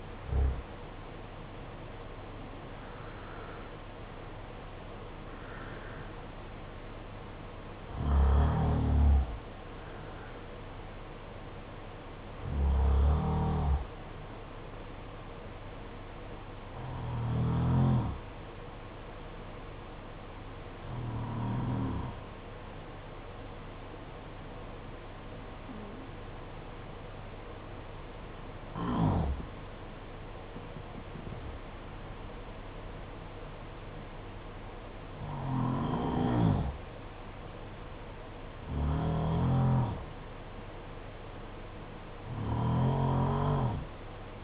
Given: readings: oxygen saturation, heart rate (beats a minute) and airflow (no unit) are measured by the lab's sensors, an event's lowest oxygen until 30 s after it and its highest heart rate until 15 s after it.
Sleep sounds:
breathing in sleep by a voice recorder at the bedside; 1
18.00-39.40 s: hypopnea (N2, oxygen 96% highest, then 92% lowest, heart rate 50 at the start, 57 highest)
From the record:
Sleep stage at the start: N2 (light sleep); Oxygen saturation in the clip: 86 to 96%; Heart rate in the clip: 50 to 64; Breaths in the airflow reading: 11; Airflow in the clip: -7.5 to 10.9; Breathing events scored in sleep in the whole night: 476 in 9.7 hours asleep

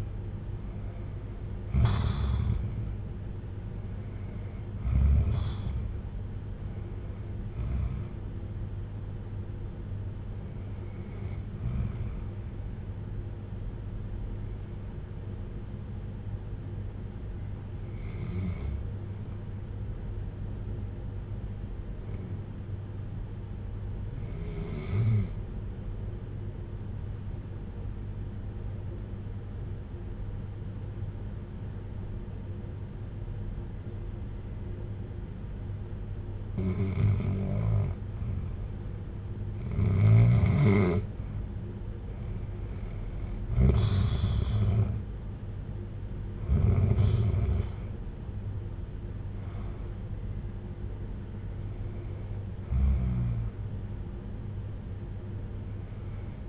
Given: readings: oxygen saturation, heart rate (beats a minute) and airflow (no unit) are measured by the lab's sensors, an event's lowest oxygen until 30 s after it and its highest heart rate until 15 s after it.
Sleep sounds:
breathing in sleep by a smartphone at the bedside; 1
14.00-44.90 s: hypopnea (REM, oxygen 96% highest, then 87% lowest, heart rate 58 at the start, 67 highest)
From the record:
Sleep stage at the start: REM sleep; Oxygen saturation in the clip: 86 to 96%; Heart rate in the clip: 56 to 70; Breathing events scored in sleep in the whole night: 310 in 8.1 hours asleep

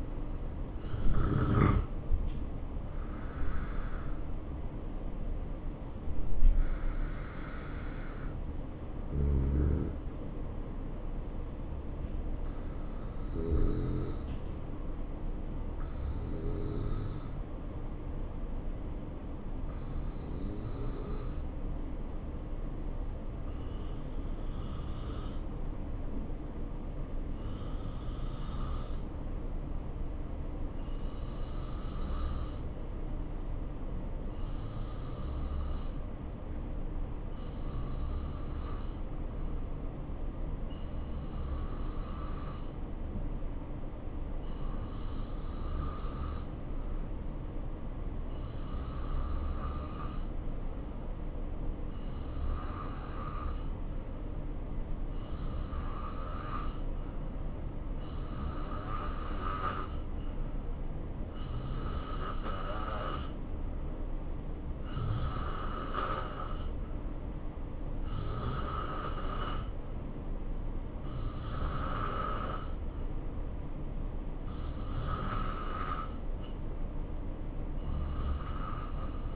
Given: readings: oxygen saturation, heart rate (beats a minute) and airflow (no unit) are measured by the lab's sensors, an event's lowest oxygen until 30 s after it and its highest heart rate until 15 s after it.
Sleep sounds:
breathing in sleep by a smartphone at the bedside; 1
12.00-68.40 s: hypopnea (N2, oxygen 94% highest, then 86% lowest, heart rate 65 at the start, 70 highest)
From the record:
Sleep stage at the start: N2 (light sleep); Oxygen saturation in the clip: 87 to 94%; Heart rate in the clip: 64 to 76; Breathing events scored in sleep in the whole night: 277 in 7.4 hours asleep

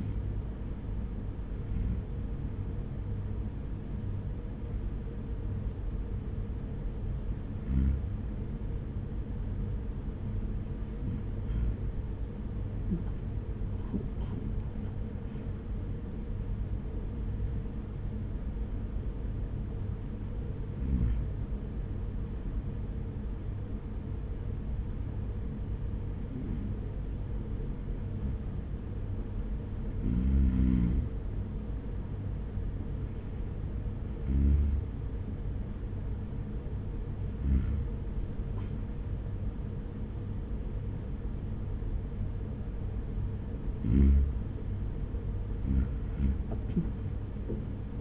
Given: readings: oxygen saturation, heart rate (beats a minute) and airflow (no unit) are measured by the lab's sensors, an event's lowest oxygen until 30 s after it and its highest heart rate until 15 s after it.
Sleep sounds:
breathing in sleep by a smartphone at the bedside; none
none scored
From the record:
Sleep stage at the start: REM sleep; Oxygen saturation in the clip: 94 to 97%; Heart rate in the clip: 56 to 73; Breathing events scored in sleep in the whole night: 210 in 6.9 hours asleep

